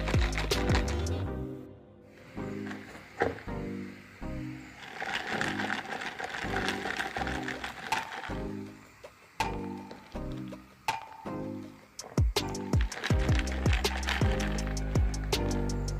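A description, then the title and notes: Busy clinking and scraping as an iced drink is stirred, with sharp ice knocks scattered every second or so over a low hum. Iced drink in december - cozy winter ambience. Stirring.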